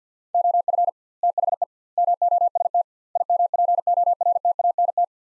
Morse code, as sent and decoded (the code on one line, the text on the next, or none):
--- ..-. / - .... . / -- --- ... - / .. -- .--. --- .-. - .- -. -
OF THE MOST IMPORTANT